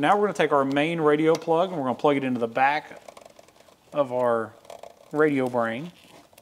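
Someone talks while handling the main radio wiring harness plug at the back of an aftermarket Alpine i509-WRA-JK restyle radio module for a Jeep Wrangler JK Unlimited. Faint handling ticks come between 3.2 and 3.5 s during a pause in the talk. The plug has not seated or clicked into the module yet.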